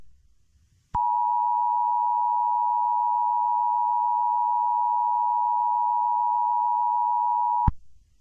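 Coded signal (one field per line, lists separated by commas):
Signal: Emergency Alert System (SAME) tones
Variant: 853 and 960 Hz attention tone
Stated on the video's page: Fictional EAS mock in analog horror style, not a real alert.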